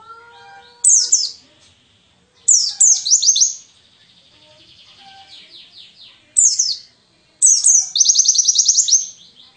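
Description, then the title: White-eye song: four bursts of high, rapid, twittering notes opening with sharp descending chirps, the last running into a fast trill, separated by short pauses. Wild white-eye (pleci ngalas) singing an 'isian' filling song, used as a tutor recording for training songbirds (masteran). "mster Mnuk. Pleci ngalas isian untuk masteran"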